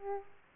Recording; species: mosquito wingbeat signal from an infrared sensor; Aedes aegypti